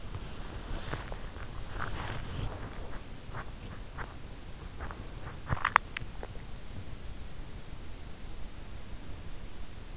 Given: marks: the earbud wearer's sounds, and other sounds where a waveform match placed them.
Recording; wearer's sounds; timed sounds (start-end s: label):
sounds in sleep by an in-ear microphone; body movement, swallowing
0.00-5.19 s: body movement
4.80-6.56 s: swallowing